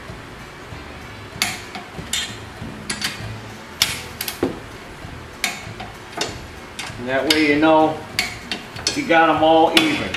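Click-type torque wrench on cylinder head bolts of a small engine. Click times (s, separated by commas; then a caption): 1.4 s, 3.8 s, 5.4 s. A click-type torque wrench tightens the cylinder head bolts of a small engine, working around the pattern, with sharp clicks at about 1.4, 3.8 and 5.4 seconds as the set torque is reached on each bolt. Smaller metallic ticks fall between the clicks, and someone talks near the end.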